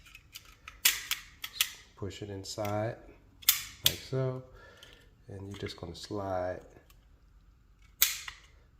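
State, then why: Seated. A +2 base plate extension is slid over the bottom of a pistol magazine body, for use with a Dawson Precision ice magwell on a Gen 5 Glock 17/45/47/34. Someone talks over a few sharp handling clicks early on. A loud, sharp pop at 8.0 s marks the extension snapping into place, seated on the magazine.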